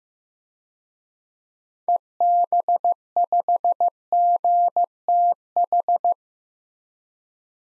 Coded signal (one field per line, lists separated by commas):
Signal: Morse code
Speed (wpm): 15 wpm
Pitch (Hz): 700 Hz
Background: none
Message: EB5GTH